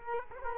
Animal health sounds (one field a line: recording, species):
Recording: mosquito wingbeat signal from an infrared sensor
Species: Culex quinquefasciatus